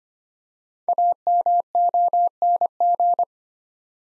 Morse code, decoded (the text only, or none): AMONG